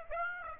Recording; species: mosquito wingbeat signal from an infrared sensor; Aedes aegypti